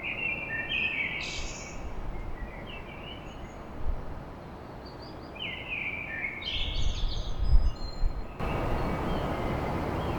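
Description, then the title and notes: Common blackbird song: two warbled phrases, each ending in a higher twittering tail, over city noise that grows louder near the end. Recorded at dawn in Paris. "Blackbird Poetry At Paris On. Enregistrement d'un chant de merle à l'aube dans Paris"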